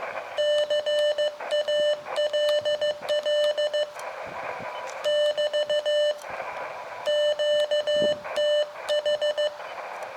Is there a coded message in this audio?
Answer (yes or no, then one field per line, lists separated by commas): yes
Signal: Morse code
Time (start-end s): 0.4-9.5 s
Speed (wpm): 15 wpm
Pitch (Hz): 600 Hz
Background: none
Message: CALL <BT> QTH